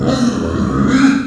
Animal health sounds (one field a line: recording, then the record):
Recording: squeal of a Yucatan mini pig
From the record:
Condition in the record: after surgery on the right vocal fold (resection and tissue-engineered implant)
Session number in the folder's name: 6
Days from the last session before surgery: 40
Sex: female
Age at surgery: 19 weeks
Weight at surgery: 25 kg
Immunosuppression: prednisolone